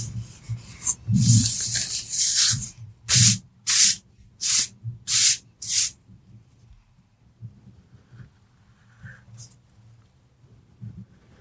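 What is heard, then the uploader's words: Pencil strokes rasp across paper in a quick run of six bright, evenly spaced scratches, followed by quieter scattered rustles and soft taps. Soft tracing with pencils.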